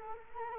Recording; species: mosquito wingbeat signal from an infrared sensor; Culex quinquefasciatus